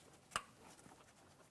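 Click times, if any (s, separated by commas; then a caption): 0.4 s. An ABS wheel speed sensor electrical connector on a 2007-2014 GMC Sierra 2500 HD is pushed by hand into its mating harness plug under the truck. One sharp click rings out at 0.4 s above a quiet background. The connector is seated and secured so that no ABS wheel speed sensor light comes on.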